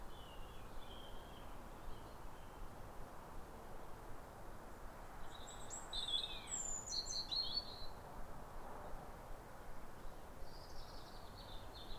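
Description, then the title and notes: European robin song, a bright cascade of high warbled notes midway, with faint phrases before and after over low steady noise. Pair of robins in neighbouring gardens singing a duet at a clear, calm, rosy New Year sunrise in winter, after weeks of rain; recorded by Fergus Collins. "Sound Escape 150: Be uplifted by a chorus of New Year's robins. A pair of robins in neighbouring gardens welcome the early sun with wistful phrases. BBC Countryfile Magazine. Recorded by Fergus Collins"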